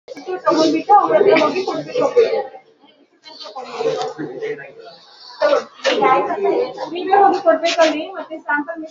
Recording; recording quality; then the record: shallow breathing; moderate, slight background noise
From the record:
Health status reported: COVID-19 positive, mild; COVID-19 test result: positive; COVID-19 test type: RT-PCR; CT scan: not taken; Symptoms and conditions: cough, cold, breathing difficulty, fever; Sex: male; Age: 34 years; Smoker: no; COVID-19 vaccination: both doses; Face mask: worn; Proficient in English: yes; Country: India